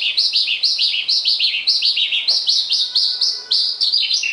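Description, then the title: Javan bush lark song, a rapid, continuous stream of bright, high chirps and descending slurred notes. "Suara Burung Branjangan"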